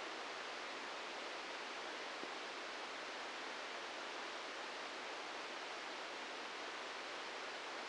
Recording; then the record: brain microelectrode recording played as sound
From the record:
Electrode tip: inside the subthalamic nucleus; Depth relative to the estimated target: 0 mm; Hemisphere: right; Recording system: NeuroSet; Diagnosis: Parkinson's disease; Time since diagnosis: 15 years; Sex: female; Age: 59 years